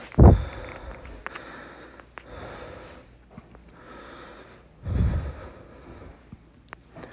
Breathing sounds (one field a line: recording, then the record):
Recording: deep breathing after running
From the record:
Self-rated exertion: vigorous exertion (4 of 6)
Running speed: 10 miles an hour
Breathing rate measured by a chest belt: 28 breaths a minute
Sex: male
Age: 37 years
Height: 174 cm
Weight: 76 kg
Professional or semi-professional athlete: no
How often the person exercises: over 5 times a week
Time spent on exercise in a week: over 5 hours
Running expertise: yes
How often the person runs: 3 to 5 times a week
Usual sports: running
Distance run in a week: 70 km